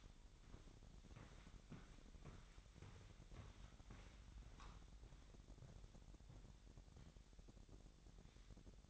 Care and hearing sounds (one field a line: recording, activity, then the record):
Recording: daily activity, microphone in the room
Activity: walk to room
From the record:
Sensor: 3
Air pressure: 1012.2 hPa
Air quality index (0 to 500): 140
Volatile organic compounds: 2 ppm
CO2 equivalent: 1073 ppm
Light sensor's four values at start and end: 145/347/144/134 and 145/347/144/134